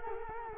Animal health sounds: mosquito wingbeat signal from an infrared sensor; Culex quinquefasciatus

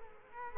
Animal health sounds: mosquito wingbeat signal from an infrared sensor; Culex quinquefasciatus

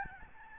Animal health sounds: mosquito wingbeat signal from an infrared sensor; Aedes albopictus

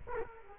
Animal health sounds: mosquito wingbeat signal from an infrared sensor; Culex quinquefasciatus

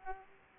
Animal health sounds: mosquito wingbeat signal from an infrared sensor; Aedes aegypti

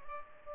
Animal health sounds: mosquito wingbeat signal from an infrared sensor; Culex pipiens

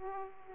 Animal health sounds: mosquito wingbeat signal from an infrared sensor; Aedes aegypti

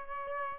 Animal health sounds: mosquito wingbeat signal from an infrared sensor; Aedes aegypti

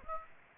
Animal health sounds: mosquito wingbeat signal from an infrared sensor; Aedes aegypti

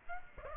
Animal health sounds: mosquito wingbeat signal from an infrared sensor; Aedes aegypti

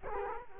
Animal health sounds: mosquito wingbeat signal from an infrared sensor; Culex quinquefasciatus

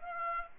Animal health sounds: mosquito wingbeat signal from an infrared sensor; Aedes aegypti

